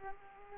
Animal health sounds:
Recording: mosquito wingbeat signal from an infrared sensor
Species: Aedes aegypti

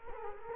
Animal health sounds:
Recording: mosquito wingbeat signal from an infrared sensor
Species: Culex quinquefasciatus

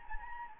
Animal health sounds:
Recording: mosquito wingbeat signal from an infrared sensor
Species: Anopheles gambiae

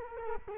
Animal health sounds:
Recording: mosquito wingbeat signal from an infrared sensor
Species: Culex quinquefasciatus

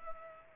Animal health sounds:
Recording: mosquito wingbeat signal from an infrared sensor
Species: Culex pipiens

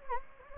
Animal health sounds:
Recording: mosquito wingbeat signal from an infrared sensor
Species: Anopheles gambiae

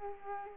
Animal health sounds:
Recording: mosquito wingbeat signal from an infrared sensor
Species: Culex quinquefasciatus

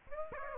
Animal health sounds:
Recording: mosquito wingbeat signal from an infrared sensor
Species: Aedes aegypti

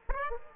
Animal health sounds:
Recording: mosquito wingbeat signal from an infrared sensor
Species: Aedes aegypti

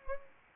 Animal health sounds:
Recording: mosquito wingbeat signal from an infrared sensor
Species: Anopheles arabiensis

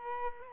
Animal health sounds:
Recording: mosquito wingbeat signal from an infrared sensor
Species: Culex quinquefasciatus

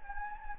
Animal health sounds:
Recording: mosquito wingbeat signal from an infrared sensor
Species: Anopheles gambiae

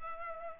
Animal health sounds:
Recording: mosquito wingbeat signal from an infrared sensor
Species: Culex pipiens

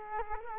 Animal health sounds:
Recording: mosquito wingbeat signal from an infrared sensor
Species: Culex quinquefasciatus

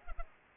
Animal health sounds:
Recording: mosquito wingbeat signal from an infrared sensor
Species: Culex pipiens

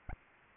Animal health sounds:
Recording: mosquito wingbeat signal from an infrared sensor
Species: Anopheles arabiensis

